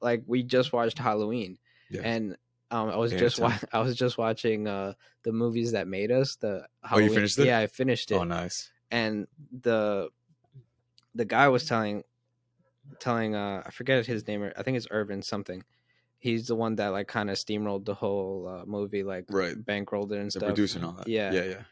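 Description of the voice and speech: Two low-pitched adult male voices talk casually at a relaxed pace, with short back-and-forth replies, a few restarts and ordinary conversational pauses. Voice quality and articulation are ordinary, and no speech or voice disorder is evident.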